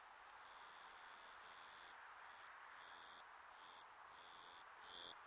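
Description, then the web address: Insect chorus of high, bright buzzy trills in bursts of varying length with short breaks, over a faint constant hiss. Summer insect ambience recorded in Japan. "Sound Effects-Foundation 1 AMBIENCE JAPANESE SUMMER INSECTS"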